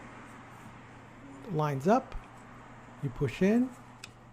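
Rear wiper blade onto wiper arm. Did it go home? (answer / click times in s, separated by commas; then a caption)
yes / 4.0 s. A new rear wiper blade on a Toyota Prius is lined up with the notch on the wiper arm and pushed up into it while someone talks. A short, sharp snap at 4.0 s marks the blade seating onto the arm.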